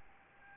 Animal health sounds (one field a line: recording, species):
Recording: mosquito wingbeat signal from an infrared sensor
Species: Aedes albopictus